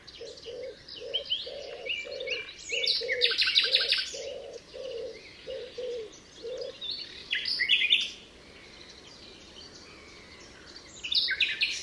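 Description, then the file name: Common nightingale song: varied loud bursts of rattling and chirping phrases, with a low repeated note underneath in the first half. Recorded at Altmühlsee on 27 April 2014. "Nachtigall. Altmuehlsee. Susanne Rieck"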